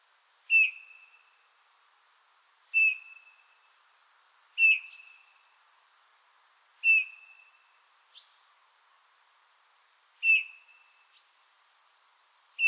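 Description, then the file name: Eurasian bullfinch giving soft piping whistled calls, each a short clear note with a fading tail, repeated about every two seconds, with a few brief higher notes between. "Pyrrhula pyrrhula"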